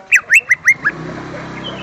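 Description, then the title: Greater green leafbird song: a short series of five hooked whistles given in quick succession, then faint background hiss. "Kicau Burung Cucak Ijo"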